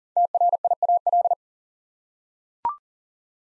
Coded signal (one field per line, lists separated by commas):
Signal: Morse code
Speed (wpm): 39 wpm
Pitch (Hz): 700 Hz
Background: none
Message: TRIAL